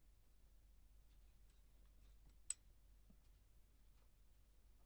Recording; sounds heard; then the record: poultry house recording; no chicken sound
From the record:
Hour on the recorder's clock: 0